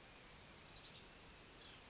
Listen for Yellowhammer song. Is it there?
no